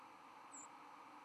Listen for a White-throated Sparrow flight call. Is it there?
yes